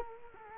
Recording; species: mosquito wingbeat signal from an infrared sensor; Culex quinquefasciatus